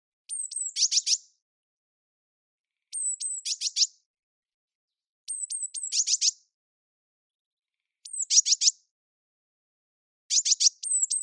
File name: Cyanistes caeruleus